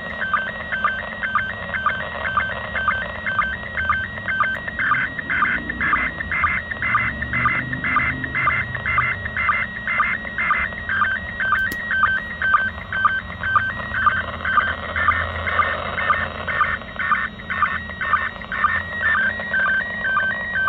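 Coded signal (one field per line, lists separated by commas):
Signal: SSTV (slow-scan television)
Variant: PD120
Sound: warbling, stepping whistle tones with short low chirps about twice a second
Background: radio static, low rumble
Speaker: so you can see here how it actually decoded a picture no cables no nothing it decoded the mode it actually detected the mode pd-120 by itself and even if it's not perfect kind of a neat picture still received from the international space station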